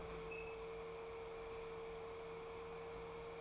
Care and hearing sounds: daily activity, microphone in the room; open fridge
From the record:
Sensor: 1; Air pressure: 1015.0 hPa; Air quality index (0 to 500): 194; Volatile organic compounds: 22 ppm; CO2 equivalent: 2745 ppm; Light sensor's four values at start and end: 31/77/33/39 and 31/77/33/39

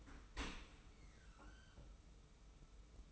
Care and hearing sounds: daily activity, microphone in the room; open dishwasher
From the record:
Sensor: 1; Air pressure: 991.3 hPa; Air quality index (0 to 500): 123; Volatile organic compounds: 253 ppm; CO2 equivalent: 4368 ppm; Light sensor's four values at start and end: 41/126/50/52 and 41/126/50/52

